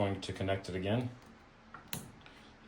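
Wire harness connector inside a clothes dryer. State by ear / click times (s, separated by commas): seated / 1.9 s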